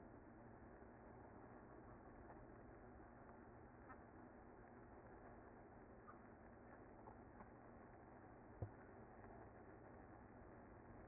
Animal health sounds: honeybee colony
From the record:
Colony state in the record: active

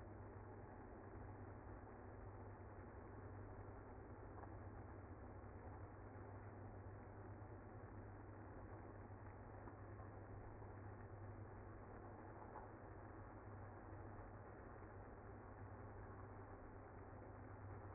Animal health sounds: honeybee colony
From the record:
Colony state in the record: active

